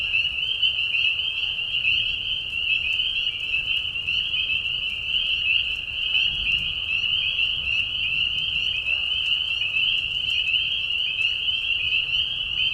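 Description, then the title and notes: Spring peeper chorus, a constant high whistling din of many overlapping peeps. Mating call of spring peepers in a marsh at night during a short spring season; Tiny Marsh Conservation Area, Tiny, Ontario; high whistles at low volume. "Peeper frogs in the spring. Peeper frogs in a marsh at night. This is a mating call that happens during a very short season in the Spring. The high whistles at a low volume. Tiny Marsh Conservation area in Tiny, Ontario. Anton Pickard. Music for Sleep"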